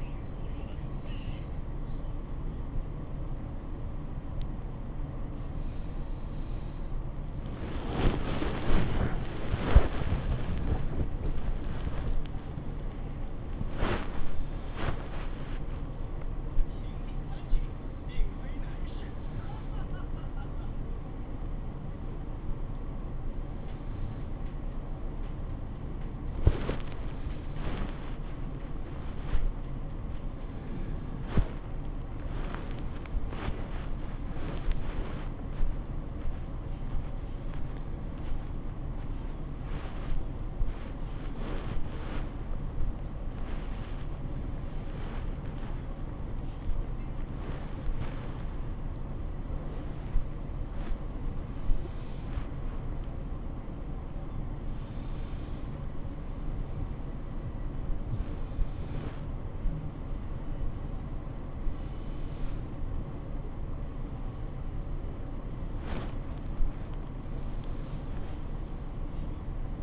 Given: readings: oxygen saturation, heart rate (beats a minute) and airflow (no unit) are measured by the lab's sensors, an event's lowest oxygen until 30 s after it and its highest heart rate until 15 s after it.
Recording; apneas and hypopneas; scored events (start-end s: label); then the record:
a person awake in a sleep study, by a smartphone at the bedside; none
0.00-69.83 s: awake
From the record:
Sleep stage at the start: awake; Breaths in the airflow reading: 23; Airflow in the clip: -0.7 to 0.7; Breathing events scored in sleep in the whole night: 403 in 5.5 hours asleep